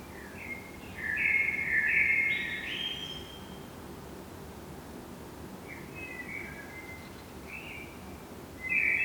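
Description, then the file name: Common blackbird: one loud, extended warbling note group early on, followed by a few softer, brief notes and one more at the end, over steady hiss. "Turdus merula"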